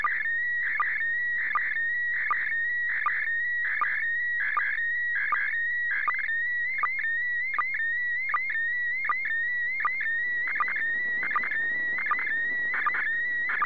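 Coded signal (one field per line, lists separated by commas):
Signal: SSTV (slow-scan television)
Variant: PD 180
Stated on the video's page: SSTV received from the International Space Station.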